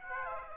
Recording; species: mosquito wingbeat signal from an infrared sensor; Aedes aegypti